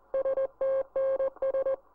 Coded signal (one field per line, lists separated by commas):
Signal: Morse code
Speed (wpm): 19 wpm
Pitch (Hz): 540 Hz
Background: music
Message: STNS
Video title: QRT 500 - The Close Down of 500 kHz in the United Kingdom -